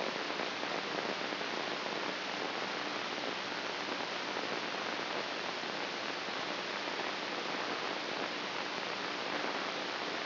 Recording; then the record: brain microelectrode recording played as sound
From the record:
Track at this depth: inside the subthalamic nucleus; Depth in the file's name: 2.722 mm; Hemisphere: right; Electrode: 2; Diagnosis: Parkinson's disease